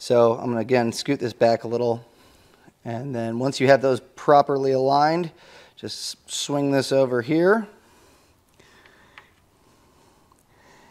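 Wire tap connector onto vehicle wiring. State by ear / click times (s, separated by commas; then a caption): seated / 9.2 s. A plastic insulation-displacement wire tap connector on the vehicle wiring of a 2016 BMW X5, installed for a hidden trailer hitch receiver towing kit, is swung over and closed onto the wire so it bites through to the metal. Someone talks, then small handling rustles give way to a sharp snap at 9.2 s, followed by a couple of faint ticks. The connector snaps into place, showing the connection is made.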